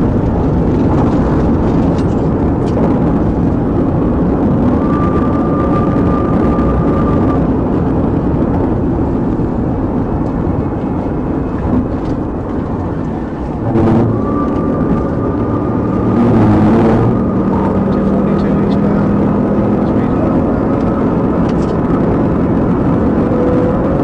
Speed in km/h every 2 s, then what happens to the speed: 171, 167, 171, 169, 151, 119, 124, 130, 143, 150, 155, 161.
0-6 steady at about 169. 6-10 brakes to 119. 10-24 speeds up to 161.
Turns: none.